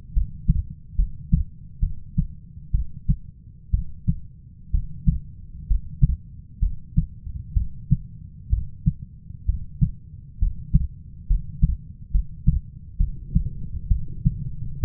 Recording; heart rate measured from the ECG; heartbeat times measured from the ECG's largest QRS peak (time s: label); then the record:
heart sounds by stethoscope; 65 bpm
0.13 s: heartbeat
0.96 s: heartbeat
1.80 s: heartbeat
2.71 s: heartbeat
3.71 s: heartbeat
4.71 s: heartbeat
5.67 s: heartbeat
6.60 s: heartbeat
7.54 s: heartbeat
8.50 s: heartbeat
9.46 s: heartbeat
10.39 s: heartbeat
11.27 s: heartbeat
12.11 s: heartbeat
12.97 s: heartbeat
13.88 s: heartbeat
14.81 s: heartbeat
From the record:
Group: healthy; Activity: cold pressor test 0-12 s, rest 12-15 s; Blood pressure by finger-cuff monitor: 140/68 mmHg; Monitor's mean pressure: 89 mmHg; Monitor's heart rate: 66 bpm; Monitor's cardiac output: 6.1 L/min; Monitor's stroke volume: 94 mL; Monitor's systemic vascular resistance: 1070 dyn s/cm5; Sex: female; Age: 37 years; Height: 168 cm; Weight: 70 kg